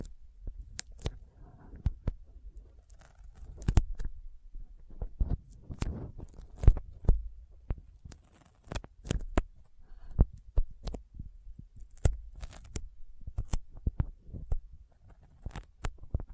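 Sticky fingers make quick tacky snaps and peels, irregular sharp clicks scattered throughout over low thumping, denser bursts around four, seven and twelve seconds.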